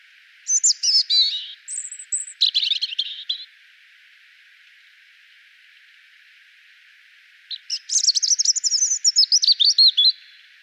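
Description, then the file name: European robin singing two phrases of thin high whistles and quick jumbled twitters, separated by a quiet gap of about four seconds. "Erithacus rubecula"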